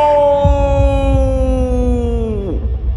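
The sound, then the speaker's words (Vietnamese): A monster, Lý Mạnh, roars in utmost agony rather than aggression: a long, anguished, sustained harmonic wail that sags slowly in pitch before collapsing sharply downward at the end, over a low rumbling bed. “Lý Mạnh gầm lên, nhưng tiếng gầm của nó không còn là sự hung hãn nữa, mà là sự đau đớn đến tột cùng.”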